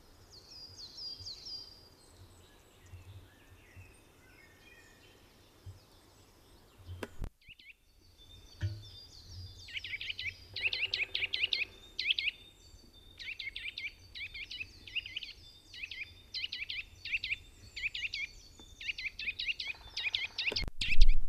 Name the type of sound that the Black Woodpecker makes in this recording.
call